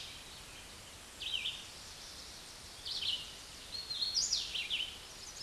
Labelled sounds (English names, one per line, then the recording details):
Hooded Warbler song
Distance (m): 25 m
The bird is about 15 m above the microphone
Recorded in a Pennsylvania forest on 16 May 2024 at 08:36
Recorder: AudioMoth, point MSD-2258
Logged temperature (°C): 15.2 °C
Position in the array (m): 146 m, 97 m